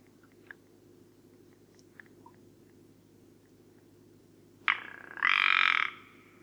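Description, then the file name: Rock ptarmigan rattle: a few faint scattered ticks, then a sudden loud, harsh, buzzy rattle near the end lasting about a second. Recorded at Karwendelspitze on 6 July 2014. "Alpenschneehuhn. Karwendelspitze. Michle Pron"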